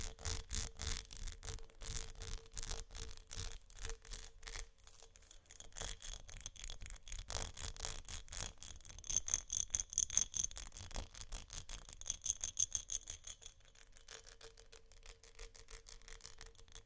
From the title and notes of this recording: ASMR Textured Glass Scratching & Tapping（No Talking）.